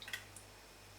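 A small screwdriver is turned slowly in the calibration hole of a cheap pH meter until its blade drops into the slot of the trim screw with a small, sharp click at 0.1 s, locking onto the screw. A fainter tick comes just before and another after at 0.4 s, over a steady low hum. The blade is seated in the screw slot.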